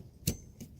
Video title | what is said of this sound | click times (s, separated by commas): Windshield wiper replacement | you hear that click it's | 0.3 s